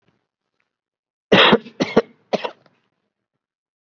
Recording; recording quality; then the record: heavy voluntary cough; excellent, no background noise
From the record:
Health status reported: COVID-19 positive, mild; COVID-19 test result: positive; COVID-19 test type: RT-PCR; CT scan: taken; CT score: 9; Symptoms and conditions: cough, cold, sore throat, fever, fatigue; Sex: male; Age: 35 years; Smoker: no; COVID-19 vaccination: one dose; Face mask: worn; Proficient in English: yes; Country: India